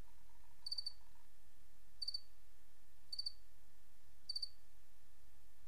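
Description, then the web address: Cricket chirps repeated every second or so, each a quick cluster of pulses, with a brief pulsing tone at the start. "Sabda Alam Crickets"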